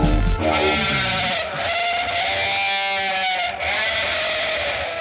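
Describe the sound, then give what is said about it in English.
A sustained, wavering sheep bleat with a harsh, buzzy distortion like an overdriven electric guitar, loud and continuous for several seconds, with a few quivering pitch shifts and no talking. “That's like a sheep if you ran it through an electric guitar.”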